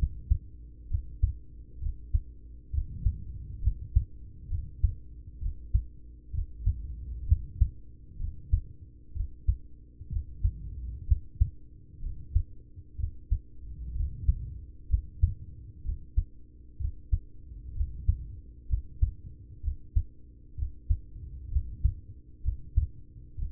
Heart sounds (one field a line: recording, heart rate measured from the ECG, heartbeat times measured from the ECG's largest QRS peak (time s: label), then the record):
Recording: heart sounds by stethoscope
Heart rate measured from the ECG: 64 bpm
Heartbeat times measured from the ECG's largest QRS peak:
0.86 s: heartbeat
1.78 s: heartbeat
2.70 s: heartbeat
3.59 s: heartbeat
4.47 s: heartbeat
5.38 s: heartbeat
6.30 s: heartbeat
7.24 s: heartbeat
8.16 s: heartbeat
9.12 s: heartbeat
10.08 s: heartbeat
11.04 s: heartbeat
11.99 s: heartbeat
12.95 s: heartbeat
13.92 s: heartbeat
14.86 s: heartbeat
15.81 s: heartbeat
16.77 s: heartbeat
17.72 s: heartbeat
18.65 s: heartbeat
19.60 s: heartbeat
20.54 s: heartbeat
21.48 s: heartbeat
22.40 s: heartbeat
23.34 s: heartbeat
From the record:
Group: heart failure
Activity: rest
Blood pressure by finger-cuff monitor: 107/60 mmHg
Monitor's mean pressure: 76 mmHg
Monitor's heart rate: 64 bpm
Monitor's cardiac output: 5.8 L/min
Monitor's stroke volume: 92 mL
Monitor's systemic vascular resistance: 940 dyn s/cm5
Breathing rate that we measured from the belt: 16 breaths a minute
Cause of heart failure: ischemic heart disease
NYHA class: 1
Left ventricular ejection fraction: 33%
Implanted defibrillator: present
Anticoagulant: apixaban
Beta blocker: carvedilol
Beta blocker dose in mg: 18.75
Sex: male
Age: 39 years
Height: 168 cm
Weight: 72 kg